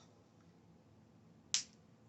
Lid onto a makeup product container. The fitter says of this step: put the lid on correctly until it clicks